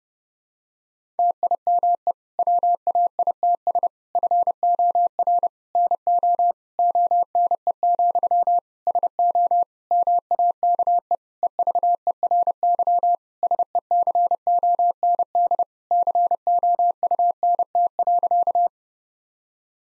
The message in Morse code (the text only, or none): TIME WAITS FOR NO ONE, SO MAKE EVERY SECOND COUNT.